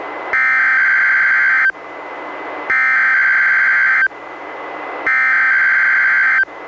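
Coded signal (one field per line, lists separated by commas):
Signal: Emergency Alert System (SAME) tones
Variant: header bursts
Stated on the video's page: NWR required weekly test relayed by a weather radio station, recorded from a Reecom R-1630 weather radio through a Zoom H1 recorder.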